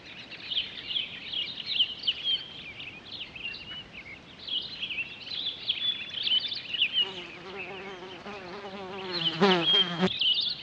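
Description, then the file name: Townsend's solitaire song, a long rambling run of high clear warbled notes, joined near the end by a low harmonic buzzing drone for a few seconds. On 23 October 2011. "20111023 townsends-solitaire"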